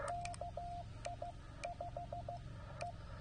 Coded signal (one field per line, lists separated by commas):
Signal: Morse code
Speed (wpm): 15 wpm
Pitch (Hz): 700 Hz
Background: radio noise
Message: KI5E